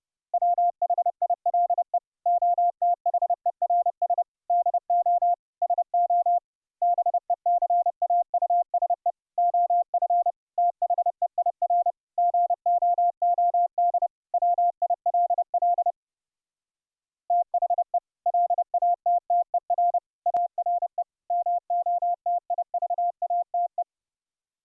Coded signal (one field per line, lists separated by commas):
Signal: Morse code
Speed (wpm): 30 wpm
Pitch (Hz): 700 Hz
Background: none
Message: WHILE OTHERS DO SO BECAUSE OF THEIR GOOD WILL THE LATTER ARE MOTIVATE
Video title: 160 Meters AM modulated VOICE & CW, "RF over IP" - LIVE demo